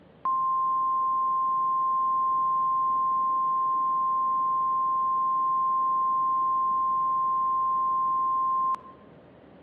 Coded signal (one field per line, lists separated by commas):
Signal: Emergency Alert System (SAME) tones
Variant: 1050 Hz attention tone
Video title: "Mishap in Minneapolis" - EAS Scenario